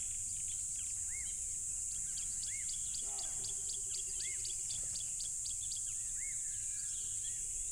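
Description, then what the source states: Crickets in a steady, high, shrill drone throughout, with arching whistled bird notes repeating and a row of sharp ticking chirps. Loud crickets at a tropical river.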